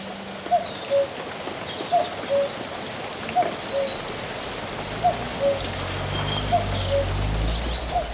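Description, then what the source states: Common cuckoo song: two-note cuck-oo calls, the second note lower, repeated about every one and a half seconds through steady heavy rain. Lone male singing loudly throughout the morning in torrential rain in a national park in County Donegal, Ireland, in 2014.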